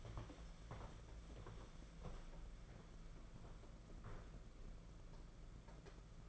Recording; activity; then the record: daily activity, microphone in the room; walk to room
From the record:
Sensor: 5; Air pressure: 992.2 hPa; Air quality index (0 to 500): 212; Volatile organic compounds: 1000 ppm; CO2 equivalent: 6151 ppm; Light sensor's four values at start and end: 6/16/6/7 and 6/17/6/7